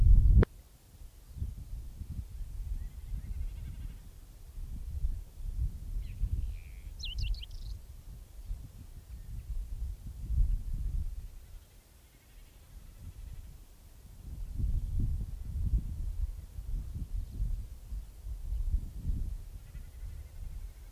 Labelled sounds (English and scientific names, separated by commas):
Whinchat (Saxicola rubetra) song